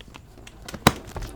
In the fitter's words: there there's the first click okay